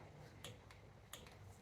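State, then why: Torque reached. A torque wrench tightens the gear oil drain/fill bolt on the transmission case of a Royal Alloy GT150 scooter. Two short, sharp ticks sound at about 0.5 s and 0.7 s over a low hum. The wrench then gives a crisp click at 1.1 s as it reaches its set torque, confirming the bolt is tightened.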